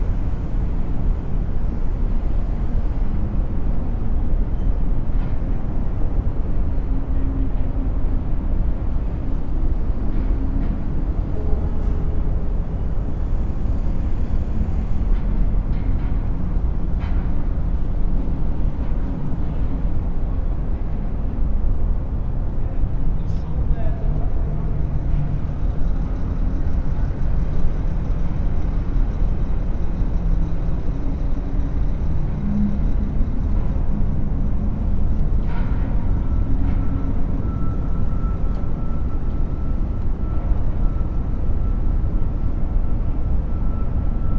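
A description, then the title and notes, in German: City noise heard from high above a busy street: a dense, steady low rumble of traffic fills the whole clip, distant and blurred together. Faint short clicks and knocks come through now and then, and a thin high tone holds briefly around 36 seconds. 20 Stockwerke über der belebten Stadtszene.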